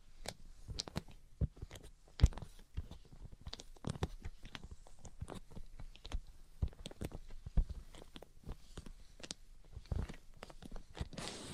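Tapping and scratching sounds come in quick, irregular bursts, with sharp taps scattered every fraction of a second and a few harder knocks near two, seven and ten seconds. Soft scraping fills the gaps, growing hissier toward the end.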